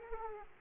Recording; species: mosquito wingbeat signal from an infrared sensor; Aedes aegypti